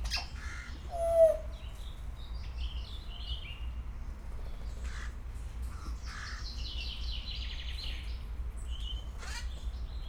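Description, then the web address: Grey parrot whistle: one loud whistled note early on, among faint scattered chirps and squawks over a constant low rumble. Captive grey parrot at a zoo in Szeged, 2011, vocalising intermittently with pauses. "szegedizoo 2011 jakopapagaj jako szunetekkelmegszolal"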